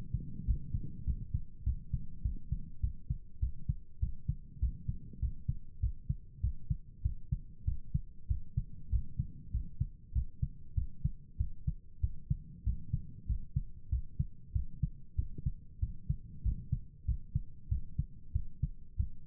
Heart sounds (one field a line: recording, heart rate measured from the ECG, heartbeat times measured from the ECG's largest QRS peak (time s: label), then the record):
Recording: heart sounds by stethoscope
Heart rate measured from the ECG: 97 bpm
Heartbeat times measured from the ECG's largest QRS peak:
0.44 s: heartbeat
1.04 s: heartbeat
1.63 s: heartbeat
2.22 s: heartbeat
2.80 s: heartbeat
3.39 s: heartbeat
3.99 s: heartbeat
4.59 s: heartbeat
5.19 s: heartbeat
5.80 s: heartbeat
6.40 s: heartbeat
7.02 s: heartbeat
7.64 s: heartbeat
8.27 s: heartbeat
8.89 s: heartbeat
9.51 s: heartbeat
10.12 s: heartbeat
10.74 s: heartbeat
11.37 s: heartbeat
12.00 s: heartbeat
12.63 s: heartbeat
13.26 s: heartbeat
13.89 s: heartbeat
14.52 s: heartbeat
15.15 s: heartbeat
15.79 s: heartbeat
16.42 s: heartbeat
17.05 s: heartbeat
17.68 s: heartbeat
18.32 s: heartbeat
18.96 s: heartbeat
From the record:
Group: healthy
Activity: rest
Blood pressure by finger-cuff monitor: 94/63 mmHg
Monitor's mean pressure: 73 mmHg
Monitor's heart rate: 98 bpm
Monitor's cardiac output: 7.9 L/min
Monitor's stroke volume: 80 mL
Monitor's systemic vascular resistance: 660 dyn s/cm5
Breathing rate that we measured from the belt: 16 breaths a minute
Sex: male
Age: 19 years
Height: 178 cm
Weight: 83 kg